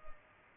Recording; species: mosquito wingbeat signal from an infrared sensor; Culex pipiens